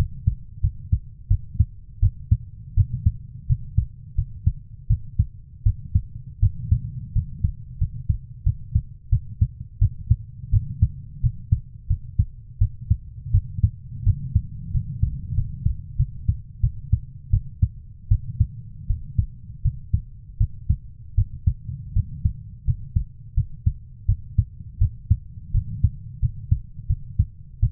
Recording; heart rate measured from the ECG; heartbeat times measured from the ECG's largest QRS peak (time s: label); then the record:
heart sounds by stethoscope; 84 bpm
0.61 s: heartbeat
1.28 s: heartbeat
2.00 s: heartbeat
2.75 s: heartbeat
3.47 s: heartbeat
4.15 s: heartbeat
4.87 s: heartbeat
5.63 s: heartbeat
6.40 s: heartbeat
7.13 s: heartbeat
7.78 s: heartbeat
8.44 s: heartbeat
9.10 s: heartbeat
9.79 s: heartbeat
10.51 s: heartbeat
11.21 s: heartbeat
11.87 s: heartbeat
12.59 s: heartbeat
13.31 s: heartbeat
14.04 s: heartbeat
14.72 s: heartbeat
15.35 s: heartbeat
15.97 s: heartbeat
16.61 s: heartbeat
17.31 s: heartbeat
18.09 s: heartbeat
18.87 s: heartbeat
19.62 s: heartbeat
20.38 s: heartbeat
21.15 s: heartbeat
21.93 s: heartbeat
22.65 s: heartbeat
23.34 s: heartbeat
24.06 s: heartbeat
24.79 s: heartbeat
25.52 s: heartbeat
26.20 s: heartbeat
26.87 s: heartbeat
27.60 s: heartbeat
From the record:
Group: healthy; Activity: cold pressor test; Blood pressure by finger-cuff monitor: 121/76 mmHg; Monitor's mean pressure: 94 mmHg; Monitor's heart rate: 83 bpm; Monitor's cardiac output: 7.1 L/min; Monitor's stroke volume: 84 mL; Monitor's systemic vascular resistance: 980 dyn s/cm5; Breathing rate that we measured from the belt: 16 breaths a minute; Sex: female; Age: 24 years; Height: 163 cm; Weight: 55.7 kg